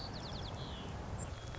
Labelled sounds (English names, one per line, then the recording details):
White-crowned Sparrow
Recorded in Sonoma County, California